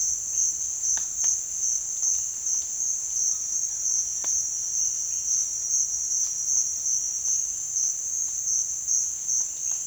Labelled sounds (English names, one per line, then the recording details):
none
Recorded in dense forest near Puerto Asís, Putumayo, Colombia, on 29 June 2025 at 15:00
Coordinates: 0.466, -76.327
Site GP04